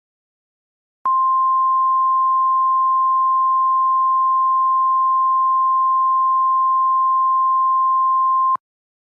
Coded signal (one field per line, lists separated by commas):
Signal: Emergency Alert System (SAME) tones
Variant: 1050 Hz attention tone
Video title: EAS Broadcast interrupts during a Commercial Break